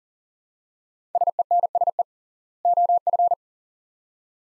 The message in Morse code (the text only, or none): SENSE OF